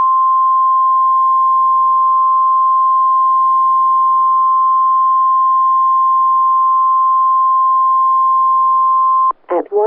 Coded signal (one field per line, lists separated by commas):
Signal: Emergency Alert System (SAME) tones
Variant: 1050 Hz attention tone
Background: speech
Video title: MANITOBA WANNA STORM | EAS Alerts from 7/19/2022 (EAS #1431-1435)